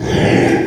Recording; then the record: squeal of a Yucatan mini pig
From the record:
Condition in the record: after surgery on the right vocal fold (resection and tissue-engineered implant); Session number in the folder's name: 3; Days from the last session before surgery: 33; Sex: male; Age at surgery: 12 weeks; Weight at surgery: 13 kg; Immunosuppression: cyclosporine, prednisolone